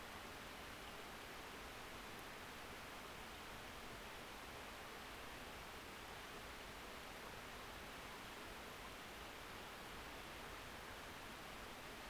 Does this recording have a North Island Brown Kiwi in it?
no